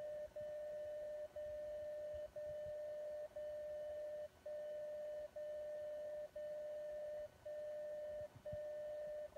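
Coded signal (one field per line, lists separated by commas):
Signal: radio time signal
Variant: DCF77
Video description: Display accurate time and date from the atomic clock at PTB in Braunschweig, transmitted from Frankfurt by DCF77 on 77.5kHz.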